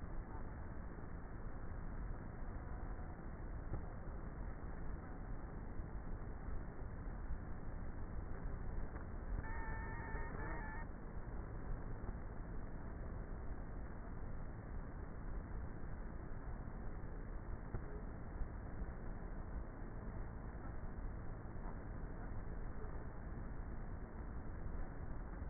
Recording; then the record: honeybee colony, microphone inside the hive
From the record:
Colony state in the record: queenless with a low population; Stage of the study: before two queens were removed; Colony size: about 30,000 bees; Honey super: no